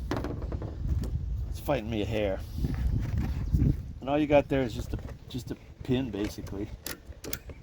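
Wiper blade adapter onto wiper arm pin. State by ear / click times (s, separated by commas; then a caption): seated / 7.3 s. A new windshield wiper blade's plastic adapter is pushed onto the pin-type wiper arm of a first-generation 1993 Chevy S10 GM pickup while someone talks. A short, sharp snap is heard at 7.3 s as the adapter snaps home and the blade seats on the pin.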